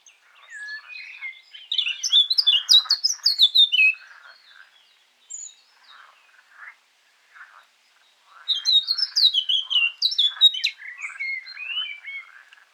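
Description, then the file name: Eurasian blackcap delivers two loud warbling phrases of quick, clear fluting notes, separated by quieter, lower scratchy notes. "Sylvia atricapilla"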